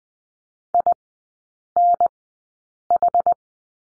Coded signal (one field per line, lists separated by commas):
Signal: Morse code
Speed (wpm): 20 wpm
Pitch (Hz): 700 Hz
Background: none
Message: INH